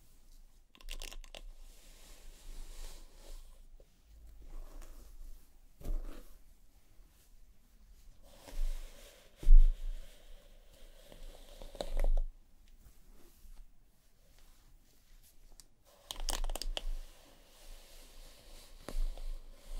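Hair being brushed and a scalp massaged, heard as soft scratchy strokes and crinkly rustles that come in bursts every second or two. The loudest strokes land near 9.5 and 12 seconds, with a low steady hum underneath and brief quiet gaps between passes.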